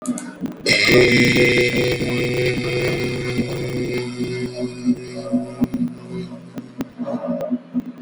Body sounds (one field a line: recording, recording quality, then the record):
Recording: sustained vowel as in made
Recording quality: excellent, no background noise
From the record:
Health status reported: healthy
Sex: male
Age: 21 years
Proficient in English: yes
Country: India